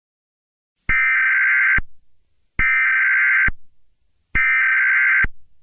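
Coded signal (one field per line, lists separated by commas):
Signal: Emergency Alert System (SAME) tones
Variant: header bursts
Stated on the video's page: Fictional EAS scenario based on a Roblox game.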